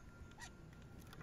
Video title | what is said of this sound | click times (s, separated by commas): Ring Solar Panel Installation & Set Up (with Ring's Stick Up Cam) | I'll slide the panel onto the mount until it securely locks into place | 1.1 s